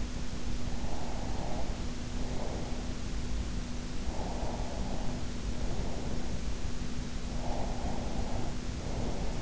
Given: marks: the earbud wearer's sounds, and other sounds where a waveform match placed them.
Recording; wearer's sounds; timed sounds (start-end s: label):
sounds in sleep by an in-ear microphone; breath
0.79-2.79 s: breath
4.02-6.40 s: breath
7.29-9.42 s: breath